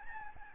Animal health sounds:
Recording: mosquito wingbeat signal from an infrared sensor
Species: Aedes albopictus

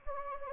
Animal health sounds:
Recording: mosquito wingbeat signal from an infrared sensor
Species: Anopheles gambiae

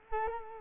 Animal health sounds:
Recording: mosquito wingbeat signal from an infrared sensor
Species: Culex quinquefasciatus

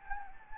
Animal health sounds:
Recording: mosquito wingbeat signal from an infrared sensor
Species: Anopheles gambiae

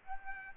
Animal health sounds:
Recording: mosquito wingbeat signal from an infrared sensor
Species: Aedes albopictus

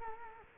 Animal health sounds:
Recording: mosquito wingbeat signal from an infrared sensor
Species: Culex quinquefasciatus

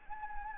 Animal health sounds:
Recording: mosquito wingbeat signal from an infrared sensor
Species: Anopheles gambiae

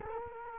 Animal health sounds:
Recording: mosquito wingbeat signal from an infrared sensor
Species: Culex quinquefasciatus

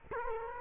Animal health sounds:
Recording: mosquito wingbeat signal from an infrared sensor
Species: Culex quinquefasciatus

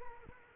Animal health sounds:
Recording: mosquito wingbeat signal from an infrared sensor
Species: Culex quinquefasciatus

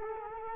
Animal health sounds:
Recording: mosquito wingbeat signal from an infrared sensor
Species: Culex quinquefasciatus

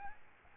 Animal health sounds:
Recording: mosquito wingbeat signal from an infrared sensor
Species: Aedes albopictus

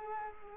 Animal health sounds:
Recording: mosquito wingbeat signal from an infrared sensor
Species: Culex quinquefasciatus

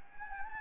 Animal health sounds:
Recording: mosquito wingbeat signal from an infrared sensor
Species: Anopheles gambiae

